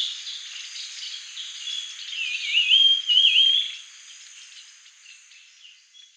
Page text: Grey-Headed Babbler Song and Calls. Quick Sounds